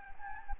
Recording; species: mosquito wingbeat signal from an infrared sensor; Anopheles gambiae